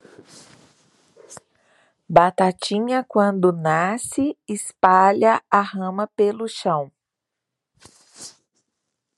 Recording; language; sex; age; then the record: short text; Brazilian Portuguese; male; 50 to 59 years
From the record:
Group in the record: control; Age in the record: 50 years